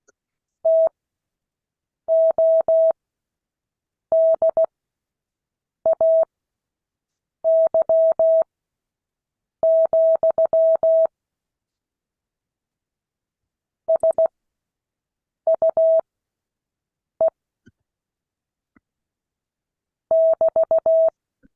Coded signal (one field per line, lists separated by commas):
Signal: Morse code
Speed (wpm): 16 wpm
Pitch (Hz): 650 Hz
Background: none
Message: TODAY, SUE <BT>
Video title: Morse code class 2022 11 21